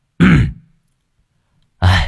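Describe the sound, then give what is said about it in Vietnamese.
Two loud, gruff throat clearings separated by a pause of over a second, each a short harsh burst with a low rasping voice. “Dứt lời, Vũ không nói thêm gì nữa, e hèm một cái rõ to, đoạn vươn vai.”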